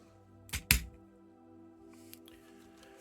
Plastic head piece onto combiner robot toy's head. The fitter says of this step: and lastly we have Brick's head and that is just going to snap in on top of onslaughts head like so